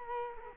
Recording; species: mosquito wingbeat signal from an infrared sensor; Culex quinquefasciatus